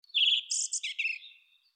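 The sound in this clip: Bird giving a single short, harsh, buzzy call of several connected scratchy notes, fading out after about a second and a half.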